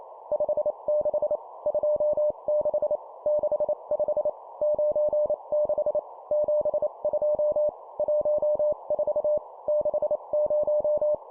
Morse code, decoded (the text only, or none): 56 26 65 96 72 14 60